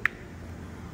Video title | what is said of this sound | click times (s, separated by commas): Chassis & Cab Fabrication • 56 Ford F100 | like can't even hardly hear them click or latch | 0.1 s